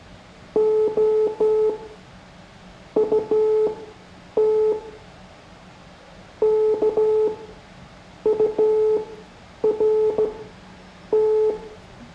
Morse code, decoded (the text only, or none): OUT KURT